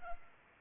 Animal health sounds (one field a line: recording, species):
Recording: mosquito wingbeat signal from an infrared sensor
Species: Culex pipiens